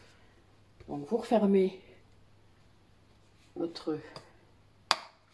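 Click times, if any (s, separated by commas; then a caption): 4.9 s. A plastic snap lid is pressed firmly shut onto a reused plastic squeeze bottle filled with homemade toilet-cleaning gel. Someone talks, then a single sharp snap is heard at 4.9 s as the lid engages and seats.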